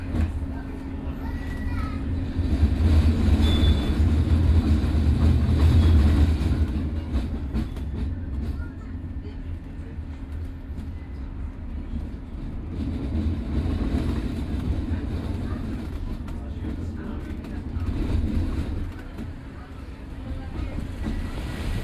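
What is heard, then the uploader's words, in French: Tram cars roll along their rails with a heavy, continuous low rumble that swells loudest between about three and six seconds, with a brief high squeal near the start. The rumble eases afterward, steadying and then rising slightly again toward eighteen seconds. Les wagons sur les rails du tram 1.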